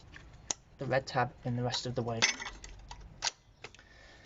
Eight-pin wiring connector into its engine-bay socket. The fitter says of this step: push that in you should hear it click and then push